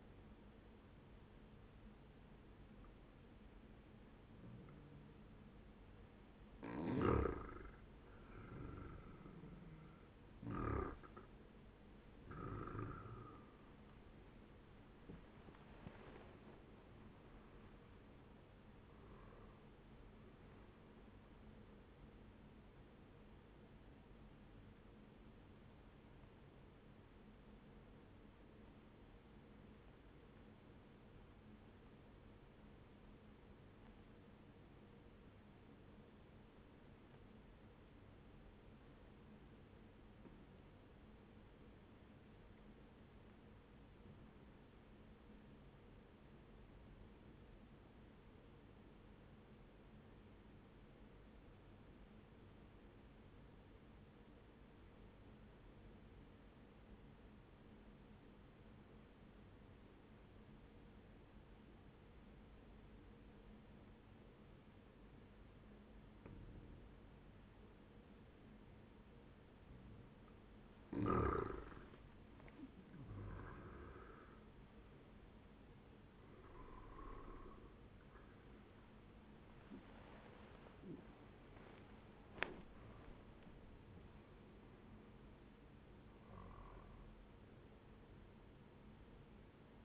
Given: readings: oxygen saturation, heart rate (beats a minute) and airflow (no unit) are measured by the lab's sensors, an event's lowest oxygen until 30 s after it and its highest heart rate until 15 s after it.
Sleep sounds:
breathing in sleep by a voice recorder at the bedside; 1
23.00-53.00 s: new sleep stage, N1 (lightest sleep)
29.00-69.00 s: obstructive apnea (N1, oxygen 98% highest, then 92% lowest, heart rate 65 at the start, 78 highest)
53.00-83.00 s: new sleep stage, N2 (light sleep)
83.00-89.85 s: new sleep stage, N1 (lightest sleep)
From the record:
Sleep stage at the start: N2 (light sleep); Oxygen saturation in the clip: 93 to 98%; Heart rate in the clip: 59 to 80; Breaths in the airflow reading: 10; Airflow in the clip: -11.9 to 12.7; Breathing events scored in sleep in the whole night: 131 in 7.2 hours asleep

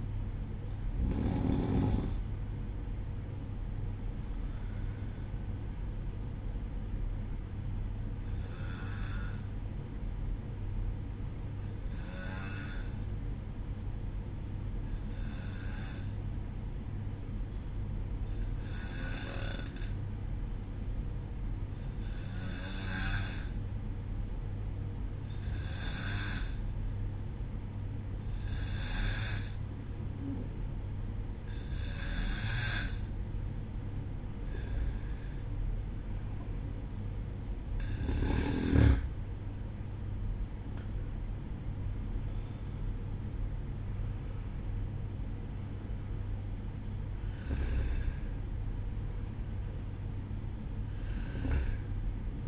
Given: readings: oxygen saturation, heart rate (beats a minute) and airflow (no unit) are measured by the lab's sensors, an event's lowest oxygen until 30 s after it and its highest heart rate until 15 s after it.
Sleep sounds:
breathing in sleep by a smartphone at the bedside; 1
15.00-31.30 s: hypopnea (N2, oxygen 94% highest, then 91% lowest, heart rate 61 at the start, 67 highest)
49.00-52.48 s: new sleep stage, N1 (lightest sleep)
From the record:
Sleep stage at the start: N2 (light sleep); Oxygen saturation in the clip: 91 to 94%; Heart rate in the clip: 61 to 67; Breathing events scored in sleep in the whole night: 305 in 9.6 hours asleep

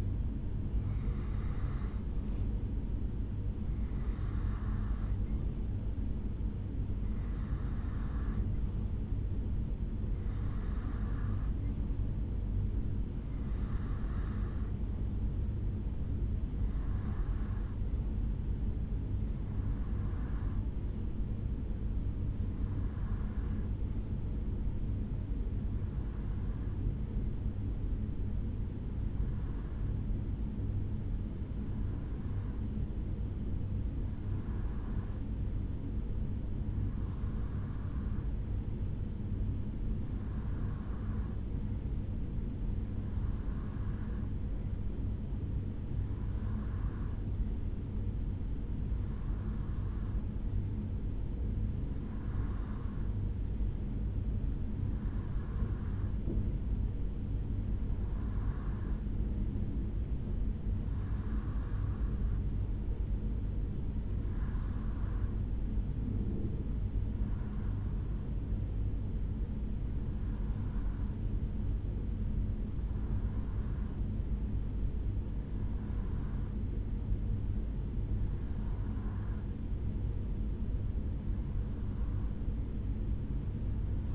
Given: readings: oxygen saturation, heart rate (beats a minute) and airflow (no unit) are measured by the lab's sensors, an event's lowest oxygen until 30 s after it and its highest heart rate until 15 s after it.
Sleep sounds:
breathing in sleep by a smartphone at the bedside; 1
12.00-78.40 s: hypopnea (N1, oxygen 95% highest, then 86% lowest, heart rate 72 at the start, 73 highest)
14.00-84.15 s: new sleep stage, REM sleep
From the record:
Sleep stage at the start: N1 (lightest sleep); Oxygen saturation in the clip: 89 to 95%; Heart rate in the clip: 66 to 75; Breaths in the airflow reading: 28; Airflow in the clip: -4.8 to 3.1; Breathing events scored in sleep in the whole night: 449 in 7.0 hours asleep

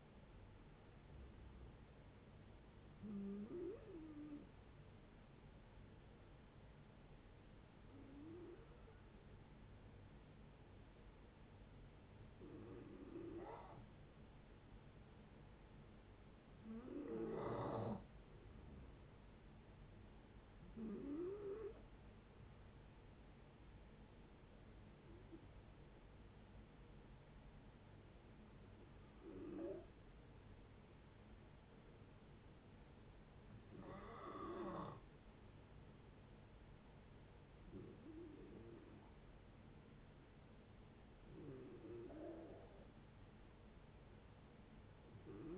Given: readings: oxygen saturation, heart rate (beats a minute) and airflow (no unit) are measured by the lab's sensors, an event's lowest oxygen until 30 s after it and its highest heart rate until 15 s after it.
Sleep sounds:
breathing in sleep by a voice recorder at the bedside; 1
5.00-17.40 s: hypopnea (N1, oxygen 93% highest, then 90% lowest, heart rate 75 at the start, 77 highest)
31.00-45.58 s: new sleep stage, N2 (light sleep)
From the record:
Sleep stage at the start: N1 (lightest sleep); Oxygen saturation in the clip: 89 to 94%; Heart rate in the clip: 71 to 77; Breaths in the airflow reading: 10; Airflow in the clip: -9.1 to 6.3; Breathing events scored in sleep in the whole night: 496 in 5.4 hours asleep

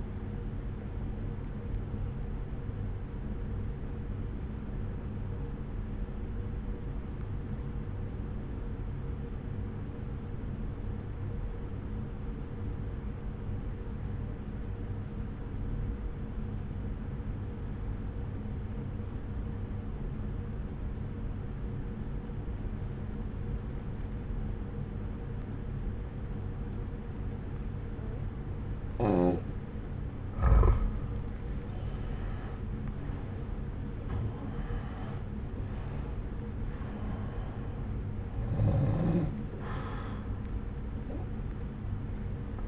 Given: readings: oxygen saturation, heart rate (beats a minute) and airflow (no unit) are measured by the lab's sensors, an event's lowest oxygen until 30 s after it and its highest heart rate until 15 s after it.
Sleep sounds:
breathing in sleep by a smartphone at the bedside; 1
5.00-32.10 s: obstructive apnea (N2, oxygen 94% highest, then 86% lowest, heart rate 59 at the start, 70 highest)
34.00-42.68 s: new sleep stage, N1 (lightest sleep)
From the record:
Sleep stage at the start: N2 (light sleep); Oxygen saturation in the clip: 85 to 94%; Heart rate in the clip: 59 to 70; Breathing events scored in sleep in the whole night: 303 in 8.1 hours asleep

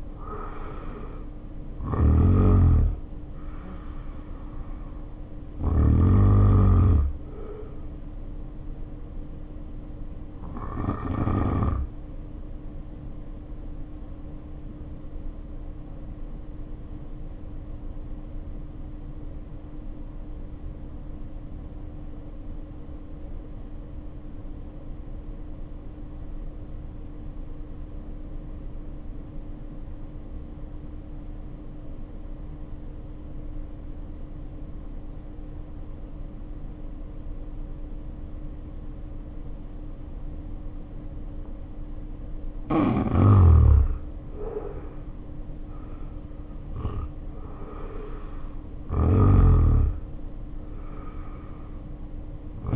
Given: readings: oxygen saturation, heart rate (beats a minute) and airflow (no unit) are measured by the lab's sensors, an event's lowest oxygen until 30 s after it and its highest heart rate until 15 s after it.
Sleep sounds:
breathing in sleep by a smartphone at the bedside; 1
13.00-43.70 s: hypopnea (N2, oxygen 95% highest, then 73% lowest, heart rate 48 at the start, 70 highest)
41.00-52.76 s: new sleep stage, N1 (lightest sleep)
From the record:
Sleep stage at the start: N2 (light sleep); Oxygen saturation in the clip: 73 to 95%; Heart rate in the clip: 48 to 70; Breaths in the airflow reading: 15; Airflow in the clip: -2.3 to 3.2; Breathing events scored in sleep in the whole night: 520 in 7.2 hours asleep

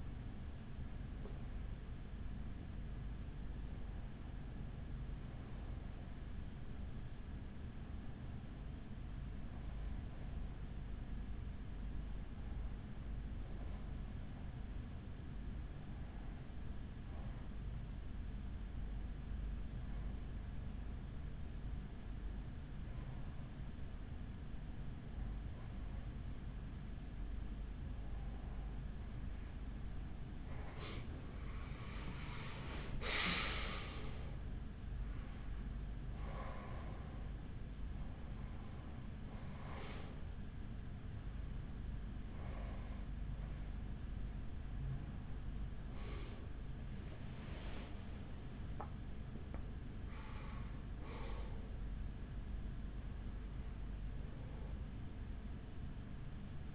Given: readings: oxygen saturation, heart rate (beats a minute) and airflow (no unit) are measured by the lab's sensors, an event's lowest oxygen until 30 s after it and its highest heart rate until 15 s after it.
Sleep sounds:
breathing in sleep by a smartphone at the bedside; 1
5.00-31.30 s: hypopnea (REM, oxygen 94% highest, then 91% lowest, heart rate 50 at the start, 67 highest)
41.00-56.75 s: awake
41.00-56.75 s: new sleep stage, awake
From the record:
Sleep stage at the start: REM sleep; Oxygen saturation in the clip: 91 to 94%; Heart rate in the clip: 48 to 67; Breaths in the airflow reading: 16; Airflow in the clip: -12.0 to 9.1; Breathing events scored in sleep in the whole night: 207 in 7.6 hours asleep

